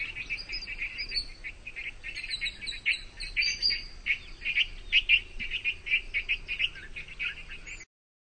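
Red-vented bulbul calling: a steady run of short chirpy notes, bubbling and repeated quickly for several seconds.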